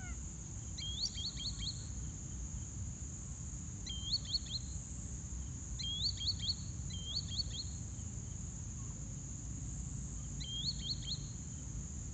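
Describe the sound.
Green Sandpiper giving repeated ringing calls: five quick series of high, rising whistles, each three or four notes, spread across the recording above a low steady hum.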